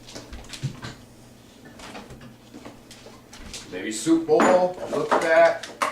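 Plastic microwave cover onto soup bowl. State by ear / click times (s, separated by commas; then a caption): not seated / none. A plastic microwave cover is tried on a soup bowl while someone talks, with light dish and lid clatters around 2.2 to 3.5 seconds and louder clattering near the end. The cover sits over the bowl but does not snap on, and nothing has clicked into place.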